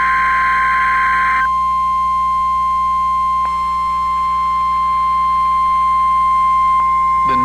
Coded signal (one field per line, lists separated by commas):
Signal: Emergency Alert System (SAME) tones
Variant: 1050 Hz attention tone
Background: speech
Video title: When Chicago Was Getting Hit | EAS Alerts from 8/9/21 (EAS #617-624)